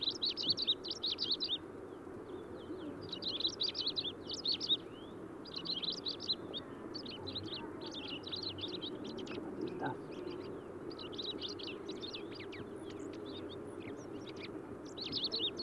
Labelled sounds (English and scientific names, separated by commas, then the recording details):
Long-tailed Rosefinch (Uragus sibiricus) song
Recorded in the wild
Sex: male
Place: Dzhalmyn, MN
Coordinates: 48.166, 107.736
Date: 1979-06-10
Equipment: Nagra III BH, Sennheiser MD 21, parabola
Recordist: Schubert, Michael